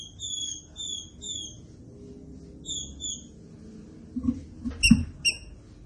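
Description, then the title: Green-winged saltator song: whistled notes in a series of three, then two more, followed by short sharp notes with low thumps. Classic song style used for training. "Canto Clássico Trinca Ferro TREINAMENTO"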